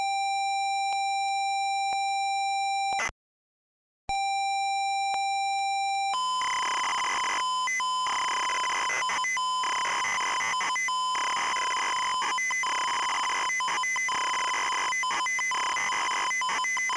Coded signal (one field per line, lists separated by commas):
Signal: ZX Spectrum tape loading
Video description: this video shows the tape loading and execution the Jetpac game in MSX